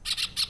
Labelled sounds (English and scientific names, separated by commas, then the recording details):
Brown-throated Parakeet (Eupsittula pertinax) contact call
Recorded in Venezuela
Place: Cerro Saroche, Hato Dalmatela, Edo. Lara
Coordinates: 10.149, -69.534